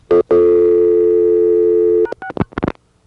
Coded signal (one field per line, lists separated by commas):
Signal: telephone call progress tone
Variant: North America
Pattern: dial tone